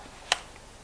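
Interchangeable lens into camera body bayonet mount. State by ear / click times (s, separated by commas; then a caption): seated / 0.3 s. A tilt-shift lens, lined up dot to dot on a camera body, is turned clockwise into the bayonet mount, and a single short, bright click sounds at 0.3 s as the bayonet lock catches. The lens is then mounted on the camera body.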